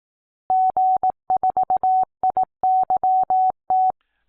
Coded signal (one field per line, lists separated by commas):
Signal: Morse code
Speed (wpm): 18 wpm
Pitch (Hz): 750 Hz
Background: none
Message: G4IYT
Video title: UK Amateur Radio Full Licence Mock 1 RSGB v1.6 Question 43